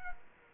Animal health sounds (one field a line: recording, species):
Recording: mosquito wingbeat signal from an infrared sensor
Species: Culex quinquefasciatus